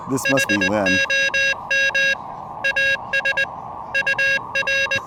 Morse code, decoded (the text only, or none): HOM AS UR